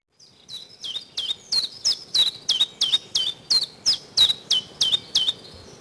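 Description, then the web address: Chiffchaff singing a steady series of about fifteen clipped notes, roughly three per second, see-sawing between two pitches against a quiet background. Recorded in spring. "vremena vesna 11 penochka-tinkovka"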